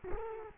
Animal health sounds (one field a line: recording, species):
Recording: mosquito wingbeat signal from an infrared sensor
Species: Culex quinquefasciatus